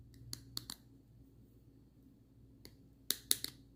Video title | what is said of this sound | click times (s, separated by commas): Product Review - Sunblesa H11 Headlamp 2ND GEN | oh yeah very nice so you'll lock that sucker in somewhere and it won't go nowhere just like the first one | 0.3 s, 0.6 s, 3.1 s, 3.3 s